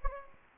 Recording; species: mosquito wingbeat signal from an infrared sensor; Anopheles gambiae